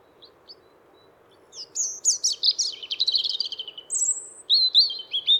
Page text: Голоса живой природы - Зарянка (малиновка)